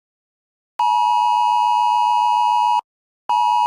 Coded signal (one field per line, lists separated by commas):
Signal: Emergency Alert System (SAME) tones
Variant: 853 and 960 Hz attention tone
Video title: EAS SCENARIO - SUN ACTIVITY